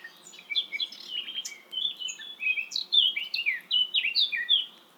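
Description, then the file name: Eurasian blackcap singing a rapid, varied warble of scratchy and clear whistled notes, steadily delivered over five seconds. "Sylvia atricapilla"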